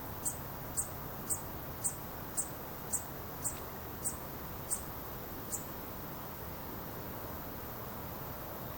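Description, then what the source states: Insect calls at night: crisp high pulses at an even pace of about two per second, stopping after five seconds, leaving only a low steady hiss. Recorded at night on 2 August 2020.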